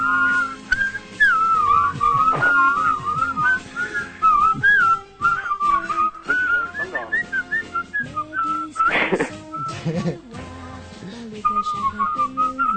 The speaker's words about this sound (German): Weiter pfeifen, Mensch, Kinder!